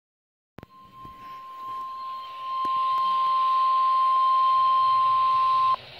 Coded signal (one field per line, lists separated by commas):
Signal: Emergency Alert System (SAME) tones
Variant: 1050 Hz attention tone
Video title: Severe Thunderstorm Warning (EAS #121)